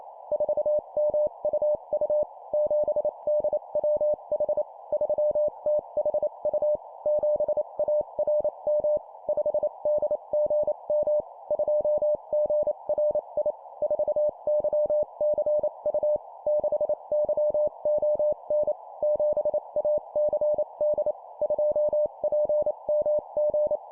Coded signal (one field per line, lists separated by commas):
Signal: Morse code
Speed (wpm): 28 wpm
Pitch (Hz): 600 Hz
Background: none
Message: 4MUU 7DWH 3THU 7ARM 5DGM 2GRI 4YCU 6YON 7ACD 2PMG